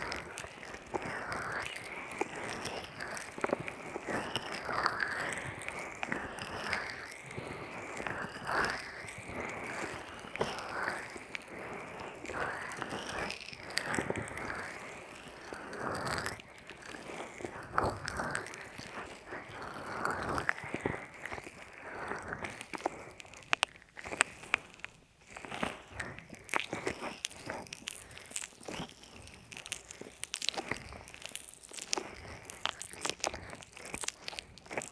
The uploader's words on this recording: ASMR Relaxing Ear Massage NO TALKING (Oil, Lotion & Peeling pack).